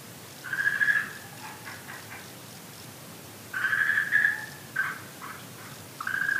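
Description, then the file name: Okinawa green tree frog calls, sparse: a smooth croak, a pause, then a longer croak followed by short broken notes over faint background hiss. "okinawaaogaeru"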